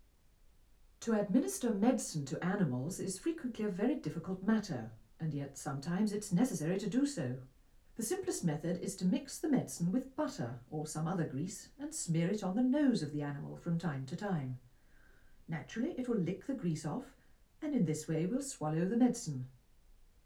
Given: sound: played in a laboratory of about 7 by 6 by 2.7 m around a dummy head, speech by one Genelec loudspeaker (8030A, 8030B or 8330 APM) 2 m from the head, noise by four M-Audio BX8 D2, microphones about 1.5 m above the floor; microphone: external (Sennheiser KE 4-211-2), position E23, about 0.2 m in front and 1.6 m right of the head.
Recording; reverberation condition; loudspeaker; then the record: female speech in English; low; 30 degrees to the left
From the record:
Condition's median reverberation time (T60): about 310 ms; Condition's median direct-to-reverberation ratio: about 3.5 dB